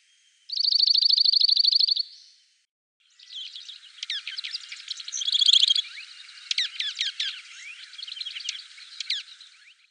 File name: Dark-Eyed Junco